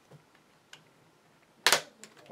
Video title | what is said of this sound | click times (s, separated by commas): HP Pavillion G7 Laptop Screen Replacement | can now start snapping well not really snapping but you're going to hear a snap like this with | 1.7 s